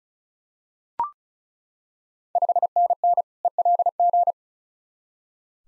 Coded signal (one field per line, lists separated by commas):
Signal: Morse code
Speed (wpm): 36 wpm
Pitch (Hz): 700 Hz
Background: none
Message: 5NN ELG